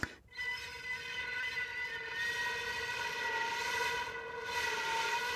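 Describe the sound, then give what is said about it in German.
A very high recorder overtone, a flageolet produced on the flute by embouchure and angle rather than by whistling, holds one steady, bright pitch for about five seconds after a brief start, fairly loud and unbroken, with no talking over it. “Nö, das war die Flöte.”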